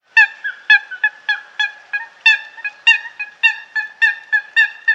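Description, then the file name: Eurasian coot calling with nasal, harmonic honking notes in a rapid, fairly steady series; no other sounds stand out. "lyska"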